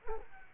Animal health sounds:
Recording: mosquito wingbeat signal from an infrared sensor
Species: Culex quinquefasciatus

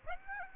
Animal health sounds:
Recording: mosquito wingbeat signal from an infrared sensor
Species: Aedes aegypti

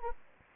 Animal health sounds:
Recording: mosquito wingbeat signal from an infrared sensor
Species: Anopheles gambiae

